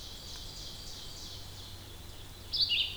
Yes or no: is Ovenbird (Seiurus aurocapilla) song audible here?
yes